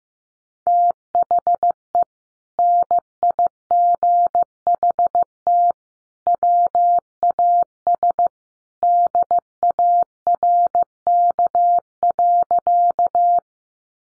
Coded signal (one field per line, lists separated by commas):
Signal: Morse code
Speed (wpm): 15 wpm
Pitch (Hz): 700 Hz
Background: none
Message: THE NIGHT WAS DARK.